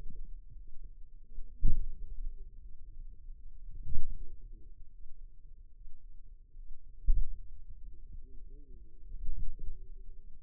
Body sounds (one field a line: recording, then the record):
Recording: forearm muscle sounds (acoustic myography)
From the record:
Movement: pen grasping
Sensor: system 2, bracelet of six BSWA MPA416 microphones around the upper forearm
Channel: 6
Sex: male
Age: 22 years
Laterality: right